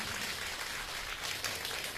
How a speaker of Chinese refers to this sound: 哎呀，就是这个掌声差了点儿，哩哩啦啦。 现在热烈了。